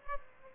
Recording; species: mosquito wingbeat signal from an infrared sensor; Aedes albopictus